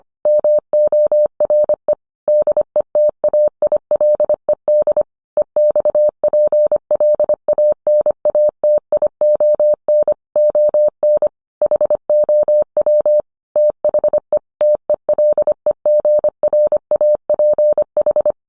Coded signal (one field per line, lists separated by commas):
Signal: Morse code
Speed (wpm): 25 wpm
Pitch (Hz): 600 Hz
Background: none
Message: MORE DETAILED EXPLANATION ON HOW THE TELEGRAPH